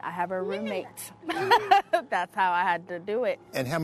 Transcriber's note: laughter